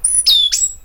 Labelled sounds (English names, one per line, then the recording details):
Stitchbird song
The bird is a male
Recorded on Tiritiri Matangi Island, New Zealand, in 2005
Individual 12, of nest box 16